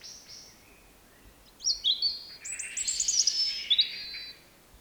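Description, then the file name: European Robin singing one thin, high warbled phrase of quick twittering and trilled notes for about three seconds after a quiet start, with faint background hiss. "Erithacus rubecula"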